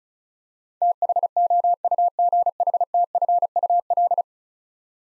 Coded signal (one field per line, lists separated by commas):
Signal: Morse code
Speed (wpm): 34 wpm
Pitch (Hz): 700 Hz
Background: none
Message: THOUGHTFUL